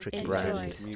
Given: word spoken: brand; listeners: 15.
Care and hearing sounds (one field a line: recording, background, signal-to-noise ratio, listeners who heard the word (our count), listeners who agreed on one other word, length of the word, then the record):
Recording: one English word in noise, from a listening test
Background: four-talker babble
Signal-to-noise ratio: -0.4 dB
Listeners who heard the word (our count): 6 of 15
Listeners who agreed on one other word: 9 of 15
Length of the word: 0.56 s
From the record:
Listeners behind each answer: 9, 6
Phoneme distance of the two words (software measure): 40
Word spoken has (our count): 1 syllable, 5 phonemes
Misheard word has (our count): 2 syllables, 5 phonemes, stress on syllable 1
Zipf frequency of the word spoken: 4.68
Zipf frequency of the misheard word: 4.51